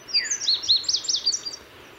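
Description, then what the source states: Indigo Bunting song: a quick run of high, sweet, slurred notes lasting about a second and a half. Characteristic song of a territorial male that moves from bush to bush, perching on the highest twig to sing loudly; habitat of low shrubby vegetation such as regrowth under power lines.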